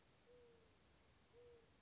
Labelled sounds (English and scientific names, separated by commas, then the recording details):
Mourning Dove (Zenaida macroura)
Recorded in Sonoma County, California